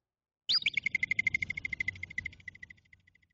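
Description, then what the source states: Groundhog whistle: one sharp, high, wavering note, then a fast series of many short whistled pips that gradually fade away. Also known as woodchuck or whistle pig, a name taken from its whistle; North American species.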